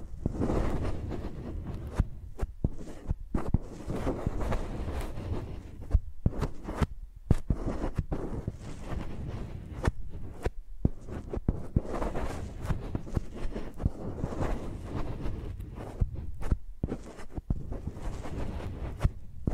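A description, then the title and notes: Microphones are scraped and tapped like pencils, making dense, uneven scratching and thudding with frequent short gaps and sharp clicks throughout. Using Mics as Pencils (No Talking).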